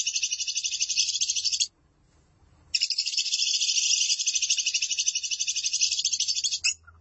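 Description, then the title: Lovebird song, a long rapid rasping chatter with many harsh high notes, broken by an one-second pause, then continuing steadily for about four seconds. "BM Suara Burung Lovebird"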